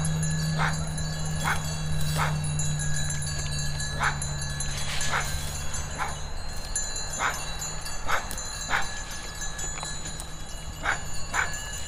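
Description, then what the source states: Sheep chewing cud: short crunchy bursts repeated roughly every second, irregular in spacing, over a steady low hum and faint high tonal lines. Sheep ruminating; field recording in a green meadow at Caldas de São Paulo, Oliveira do Hospital.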